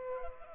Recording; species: mosquito wingbeat signal from an infrared sensor; Culex pipiens